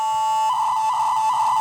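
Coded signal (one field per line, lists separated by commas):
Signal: Hellschreiber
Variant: PSK Hell (PSKH)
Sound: brief steady tones, then a buzzy warbling tone near 1 kHz with rhythmic dips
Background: FM radio hiss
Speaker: This is PSKH, let's test that.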